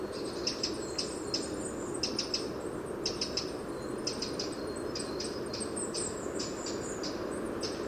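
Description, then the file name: Eurasian wren singing a fast, high series of sharp staccato notes in bursts and short trills, over a steady rushing background noise. "Troglodytes troglodytes"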